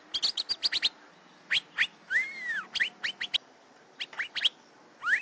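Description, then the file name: Asian fairy-bluebird: fast chirping bursts, then a smooth arched whistle, followed by scattered rising whistled notes. "suara kacembang gadung"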